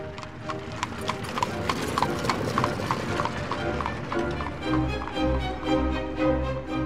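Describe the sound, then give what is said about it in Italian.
A starved, wrinkled horse pulls a mail coach on four vomit-coloured wheels away on a long journey, its hooves clip-clopping in a quick, steady rhythm, with a low rolling rumble of wheels joining in partway through. “Il cavallo, tutto fame e pieghe, iniziò il lungo viaggio.”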